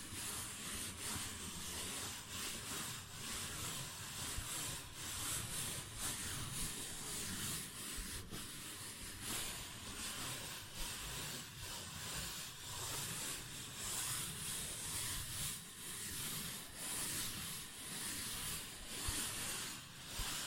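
A paper bag is scratched and rubbed in a steady, dense texture of crisp, bright rustling that runs the full twenty seconds. Faint soft taps come through now and then, with brief sharper ticks around eight and twenty seconds, under a low rumbling undertone.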